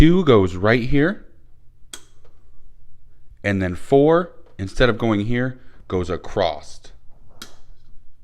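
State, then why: Seated. On an 87-93 Foxbody Mustang, spark plug wire number four is routed across and pushed onto its distributor cap tower terminal while someone talks. A single sharp snap at 7.4 seconds marks the wire terminal seating into the cap.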